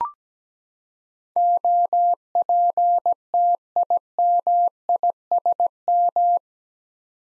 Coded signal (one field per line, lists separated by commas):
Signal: Morse code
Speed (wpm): 17 wpm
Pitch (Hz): 700 Hz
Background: none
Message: OPTIMISM